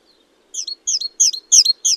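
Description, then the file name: Great tit calling with five sharp, high chirps in quick succession, each a bright note dropping into a shorter tail, getting louder toward the end. "Parus major"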